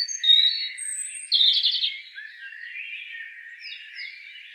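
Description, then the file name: European robin singing: a short phrase of high whistles, then a rapid trill, followed by softer twittering. "Erithacus rubecula"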